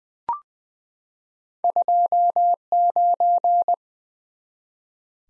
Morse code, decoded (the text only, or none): 29